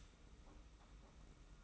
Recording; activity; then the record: daily activity, microphone in the room; stop toaster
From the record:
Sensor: 1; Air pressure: 991.7 hPa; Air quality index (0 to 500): 171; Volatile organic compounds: 1000 ppm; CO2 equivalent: 6463 ppm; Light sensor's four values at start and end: 32/108/42/43 and 32/108/42/43